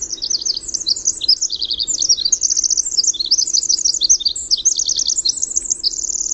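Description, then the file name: Winter wren song, a long rapid cascade of high tinkling notes and fast trills running continuously without pause. "WIWR song"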